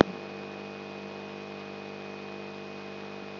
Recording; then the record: brain microelectrode recording played as sound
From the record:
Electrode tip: outside the subthalamic nucleus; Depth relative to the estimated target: 3.5 mm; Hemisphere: right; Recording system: AlphaMap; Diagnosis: Parkinson's disease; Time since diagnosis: 10 years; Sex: male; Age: 56 years